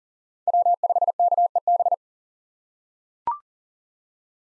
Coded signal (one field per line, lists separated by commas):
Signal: Morse code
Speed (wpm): 40 wpm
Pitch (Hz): 700 Hz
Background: none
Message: W5KEB